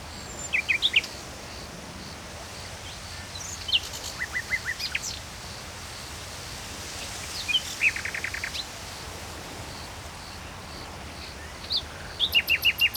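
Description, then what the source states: Common nightingale singing separate phrases every few seconds, each a quick run of sharp repeated notes or a rattling trill, over constant hiss. Recorded at Saint-Chamas, Provence-Alpes-Côte d'Azur, France, just before nightfall; trill phrases; recorded with Line Audio microphone and MixPre 3 II recorder.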